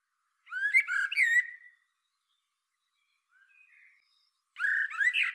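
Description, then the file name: Common blackbird, mellow whistled phrases: a fluty, warbling burst, faint soft notes in the middle, then another rich phrase near the end. "Turdus merula"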